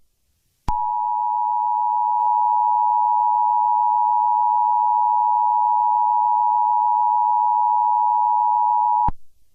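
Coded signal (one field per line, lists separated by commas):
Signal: Emergency Alert System (SAME) tones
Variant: 853 and 960 Hz attention tone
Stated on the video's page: Fictional tornado EAS scenario, not a real alert.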